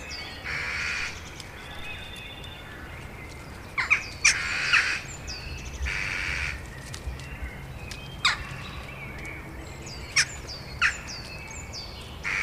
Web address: Madardalok - Csóka